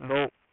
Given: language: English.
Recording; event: throat vibration sensor signal played as sound; speech